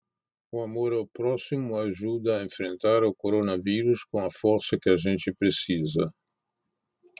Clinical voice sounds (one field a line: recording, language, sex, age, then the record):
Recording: spoken sentence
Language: Brazilian Portuguese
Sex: male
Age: 70 to 79 years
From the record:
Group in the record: control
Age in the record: 74 years